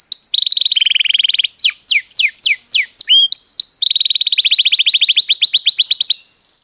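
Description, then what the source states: Canary song opening with a rapid trill, then a run of steeply falling whistled notes, then another long rolling trill that ends in quick rising notes. For training.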